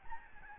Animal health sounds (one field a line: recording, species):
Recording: mosquito wingbeat signal from an infrared sensor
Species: Aedes albopictus